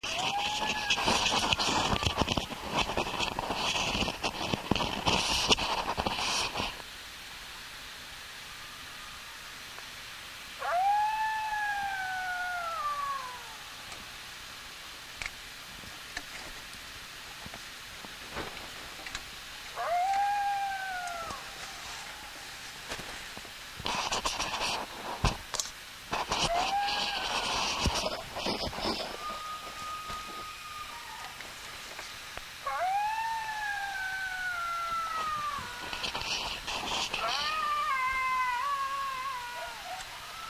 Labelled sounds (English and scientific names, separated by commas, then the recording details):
Coyote (Canis latrans) howling
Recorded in the wild
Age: adult
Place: Elk Island National Park, Beaver Hills, Alberta, CA
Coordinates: 53.6778, -112.826
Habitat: coniferous forest
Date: 1991-09-22 23:44
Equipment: Sony WM-D6C, Sony ECM-939 LT (Stereo), Kopie Uher 4400 IC
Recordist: Frommolt, Karl-Heinz
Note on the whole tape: Heulen, z.T. sehr gut von mindestens 2 Tieren, z.T. mit Bellen